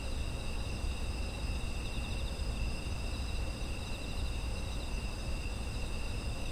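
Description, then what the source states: Insects producing an unbroken chorus of high, finely pulsed trills at several pitches, accompanied by a constant low-frequency rumble. Autumn insect environmental ambience.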